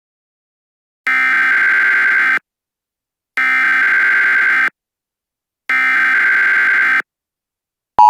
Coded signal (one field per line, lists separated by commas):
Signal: Emergency Alert System (SAME) tones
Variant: header bursts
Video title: Eas scenario:the murder bombs